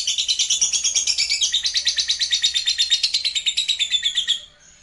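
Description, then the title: Lovebird chattering song, a steady stream of rapid, buzzy, high-pitched twitters pulsing several times per second for over four seconds before fading out. "Suara Lovebird Ini"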